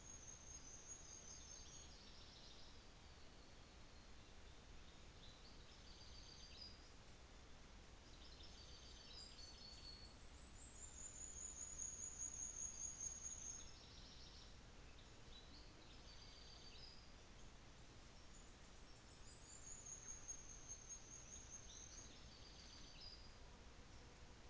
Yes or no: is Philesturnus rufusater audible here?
no